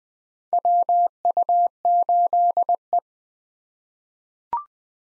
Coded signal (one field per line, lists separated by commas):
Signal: Morse code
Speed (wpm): 20 wpm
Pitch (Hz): 700 Hz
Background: none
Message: WU8E